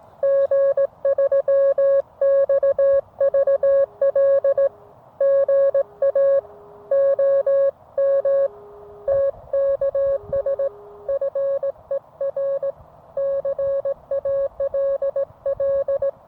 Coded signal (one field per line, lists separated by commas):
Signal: Morse code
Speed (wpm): 18 wpm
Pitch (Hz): 550 Hz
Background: music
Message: G3XVL GA OM TKS FER CALL